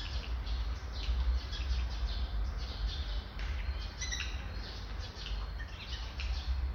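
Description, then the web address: Eurasian jay making scattered rasping bursts, with a brief clear whistled note midway, against a steady low rumbling background. Jay imitating foreign sounds. "garrulus glandarius la pie imite des sons etrangers"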